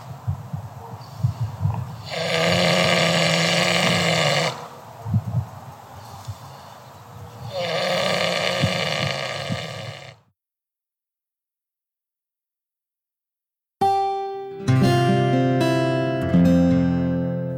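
Two long, rasping snores about five seconds apart from a pig sleeping at the Johnny Cash Ranch, then a short musical jingle.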